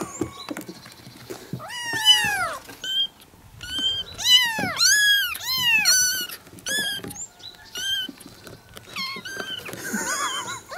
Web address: kitten Kittens meowing